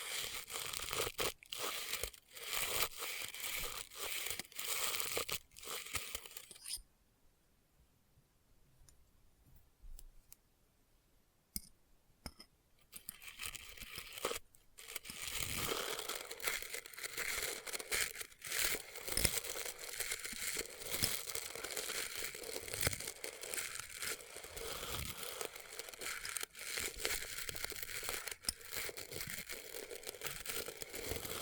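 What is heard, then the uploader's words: Experimental triggers in test tubes: dense crinkling and crunching with bright, rustly texture and quick irregular taps. The sound drops to near silence from about 7 to 12 seconds, then resumes with scattered clicks and builds into a steady, busy crackle to the end. ASMR Experimental Triggers in Test Tubes (No Talking).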